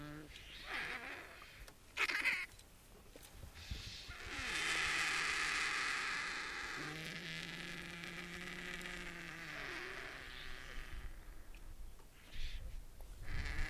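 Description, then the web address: Indian vulture making a long, hissing, rasping call followed by low, groaning, harmonic notes, with scattered short harsh bursts before and after. "sound Indian-vulture. صدای-پرنده-دال-هندی"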